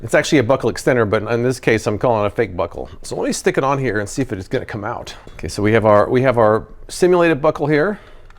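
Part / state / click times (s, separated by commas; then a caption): buckle extender tongue into steering wheel lock latch / not seated / none. A metal seatbelt-style buckle tongue on a buckle extender is handled at the latch of a steering wheel lock while someone talks throughout. The tongue has not yet snapped into the lock latch; nothing has seated or clicked yet.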